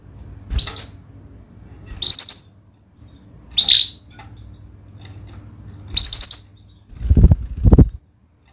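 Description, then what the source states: Canary giving several short high chirps at irregular intervals, followed by two low thuds near the end over a soft hum. Vigorous singing canary (gacor) praised for the best cengkok phrasing and most luxurious isian fill-in notes; Indonesian songbird-keeping (kicaumania) context.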